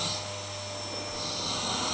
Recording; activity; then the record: daily activity, microphone in the room; vacuum cleaning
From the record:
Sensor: 3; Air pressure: 1009.5 hPa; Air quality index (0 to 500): 196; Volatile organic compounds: 16 ppm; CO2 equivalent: 2548 ppm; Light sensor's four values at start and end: 36/89/38/41 and 36/88/38/40